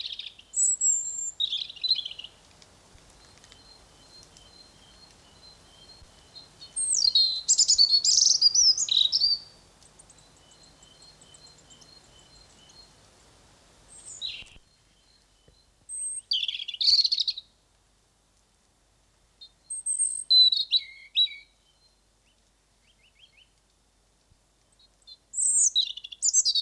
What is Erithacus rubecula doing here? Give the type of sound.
song